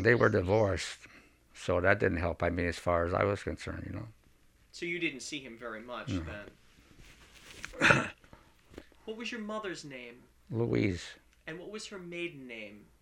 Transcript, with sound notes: They were divorced, so that didn't help, I mean, as far as I was concerned, you know.
So you didn't see him very much then? (coughs) What was your mother's name?
Louise.
And what was her maiden name?